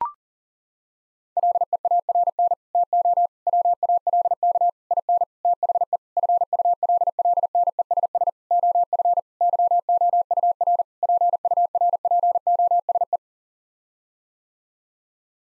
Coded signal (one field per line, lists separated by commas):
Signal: Morse code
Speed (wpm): 40 wpm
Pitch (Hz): 700 Hz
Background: none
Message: LEARN TO WALK IN THE FULLNESS OF YOUR PURPOSE